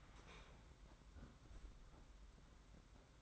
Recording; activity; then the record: daily activity, microphone in the room; close fridge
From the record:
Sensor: 3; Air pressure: 991.9 hPa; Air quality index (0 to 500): 215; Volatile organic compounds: 1000 ppm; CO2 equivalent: 7363 ppm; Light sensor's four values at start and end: 33/98/40/34 and 33/98/40/34